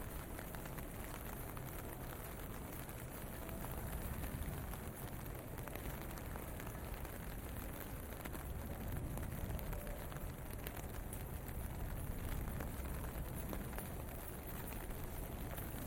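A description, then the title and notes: Rain falls steadily in Tokyo, a dense, even hiss with many small ticks and patters layered through it. A low rumble, like passing traffic, runs underneath the whole time, with slight swells around four and twelve seconds but no clear breaks. WALKING IN THE RAIN TOKYO JAPAN. Walking in the streets of Tokyo, Japan.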